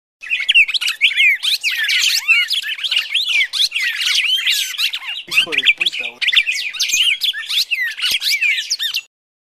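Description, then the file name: Red-crested Cardinal fighting calls form an unbroken jumble of high, quick chirps and curving whistled notes. A lower, harsher sweeping sound appears midway. Fighting-style (tarung) song. "suara burung red crested cardinal tarung omkicau"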